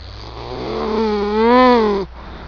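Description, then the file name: Eurasian beaver uttering a single loud wavering whine that swells and climbs slightly in pitch before falling away abruptly, over a faint low hum. "bober"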